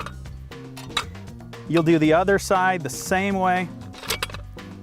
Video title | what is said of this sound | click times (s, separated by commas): How To Use the Little Giant XTreme Ladders - Toolstation | just simply slide into this housing you'll see that spring-loaded button pop into place | 1.0 s